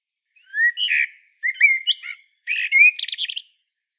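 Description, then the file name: Common blackbird delivering three quick fluty song phrases, the last trailing into a dry, rapid, high-pitched twitter. "Turdus merula"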